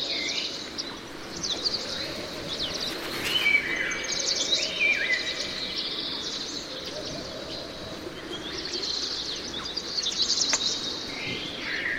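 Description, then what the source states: Tristram's starling flock calling: overlapping clear whistles, some sliding up or down, mixed with chattering squeaks and buzzy high notes throughout. Several birds.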